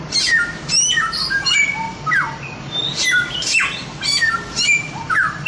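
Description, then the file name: Chinese grosbeak song mixing squawky rasping notes with clear whistles and falling sweeps in a lively, unbroken sequence. Samyong (Chinese grosbeak) masteran, a song-training recording. "masteran samyong omkicau"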